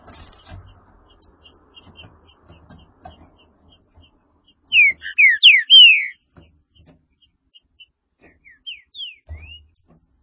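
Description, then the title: Green-winged saltator singing a loud phrase of descending slurred whistles, later followed by a softer run of similar slurred notes, with faint clicks and knocks around. "Trinca Ferro"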